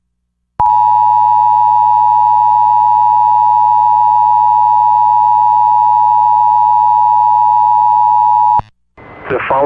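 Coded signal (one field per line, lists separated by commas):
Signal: Emergency Alert System (SAME) tones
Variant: 853 and 960 Hz attention tone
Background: speech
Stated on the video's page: Recreated Special Marine Warning EAS alert; not a live broadcast.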